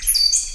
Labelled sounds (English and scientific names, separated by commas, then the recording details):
Stitchbird (Notiomystis cincta) song
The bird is a male
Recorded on Tiritiri Matangi Island, New Zealand, in 2005
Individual 16, of nest box 24